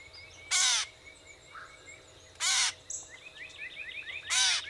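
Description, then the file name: Gray catbird giving harsh, nasal mewing calls about once every two seconds, three in all, with faint chirping and a steady low hum behind. Recorded on 14 April 2018; a series of mew calls. "2018-04-14 GRCA-16 Mews"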